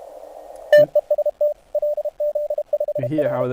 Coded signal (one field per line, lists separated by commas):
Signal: Morse code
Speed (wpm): 31 wpm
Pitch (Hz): 590 Hz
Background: speech, radio noise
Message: TEST LZ5R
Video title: (tr)uSDX - RX Audio Test (Live-Stream) | Ham Radio